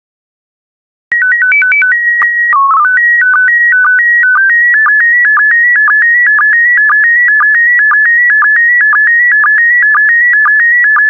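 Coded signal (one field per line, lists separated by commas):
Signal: SSTV (slow-scan television)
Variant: PD120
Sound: short silence, chirpy header tones, then a steady warbling tone with regular low blips twice a second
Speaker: transmission complete you can now check your decoded image against the picture that is shown on the video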